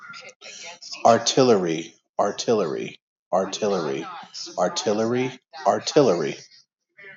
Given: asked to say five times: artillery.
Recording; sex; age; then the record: repeated word; male; 30 to 39 years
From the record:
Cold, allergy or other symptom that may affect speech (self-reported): no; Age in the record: 34 years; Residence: Colorado, United States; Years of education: 16